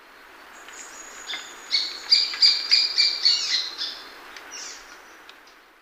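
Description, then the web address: Uniform treehunter calls, a short burst of several harsh, sharp notes repeated quickly, with a thin high whistle before them and a few soft notes after. Ecuador. "S America Birds of Ecuador. Uniform Treehunter"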